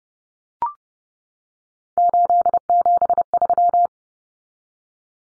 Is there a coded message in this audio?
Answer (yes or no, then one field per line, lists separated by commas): yes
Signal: Morse code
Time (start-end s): 2.0-3.9 s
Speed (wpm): 30 wpm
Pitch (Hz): 700 Hz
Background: none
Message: 873